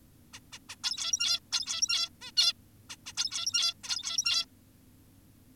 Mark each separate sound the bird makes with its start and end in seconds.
0.34-0.40, 0.53-0.59, 0.69-0.76, 0.84-1.40, 1.52-2.10, 2.22-2.32, 2.37-2.53, 2.90-2.96, 3.06-3.13, 3.17-3.74, 3.84-4.46